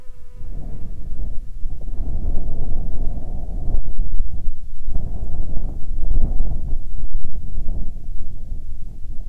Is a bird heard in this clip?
no